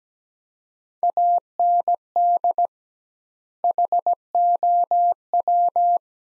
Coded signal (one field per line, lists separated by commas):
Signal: Morse code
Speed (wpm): 17 wpm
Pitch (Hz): 700 Hz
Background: none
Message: AND HOW